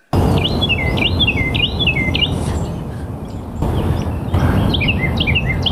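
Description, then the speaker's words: Carolina wren song: a loud phrase repeated several times quickly, then after a pause a second, different song, over background noise. Two different songs from the same species, with notes going up and down like written music. "it's two different songs of the Carolina wren there."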